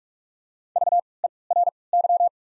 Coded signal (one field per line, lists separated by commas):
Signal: Morse code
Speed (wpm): 45 wpm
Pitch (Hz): 700 Hz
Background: none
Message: V E R Y